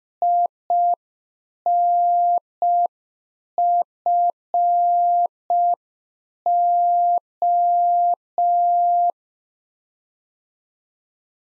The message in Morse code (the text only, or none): INFO